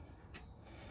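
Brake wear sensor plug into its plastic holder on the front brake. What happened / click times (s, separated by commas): The plug is being handled and has not clicked home yet / none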